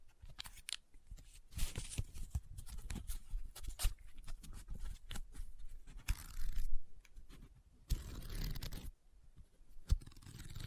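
Paper is folded, rubbed and crinkled in irregular bursts, with sharp crackling snaps near 2, 6 and 10 seconds and a longer scraping rustle around 8.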